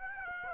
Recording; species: mosquito wingbeat signal from an infrared sensor; Aedes aegypti